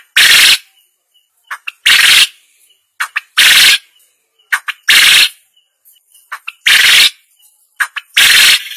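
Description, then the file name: Quail gives harsh, rasping bursts repeated roughly every one and a half seconds, each preceded by a couple of quick soft chirps. "suara burung puyuh"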